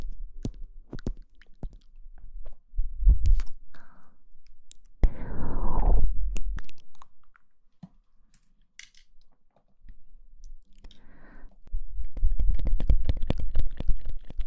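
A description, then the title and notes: Mouth sounds: wet clicks and smacks scattered throughout, a breathy rush around five to six seconds, and a dense burst of clicking near the end. Mouth Sounds.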